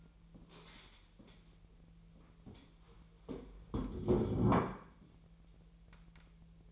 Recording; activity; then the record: daily activity, microphone in the room; stand up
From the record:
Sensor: 1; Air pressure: 1002.0 hPa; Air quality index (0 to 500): 244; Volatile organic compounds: 111 ppm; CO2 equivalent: 3821 ppm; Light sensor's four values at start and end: 11/26/11/12 and 10/25/10/12